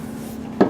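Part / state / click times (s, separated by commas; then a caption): long gun into spring pressure clip on a gun cart / seated / 0.6 s. A long gun is pressed into a small spring pressure clip on a homemade wooden gun cart over a steady low background hum. The clip grabs the gun on that side with a single sharp click at 0.6 s, and the gun is seated in the clip.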